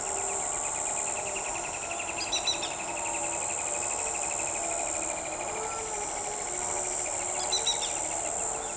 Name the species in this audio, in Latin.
none